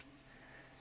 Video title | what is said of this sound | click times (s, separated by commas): Transformers War for Cybertron Kingdom Commander Class RODIMUS PRIME Video Review | then push that all the way in. Make sure you push solidly. You'll hear a click, and | 0.0 s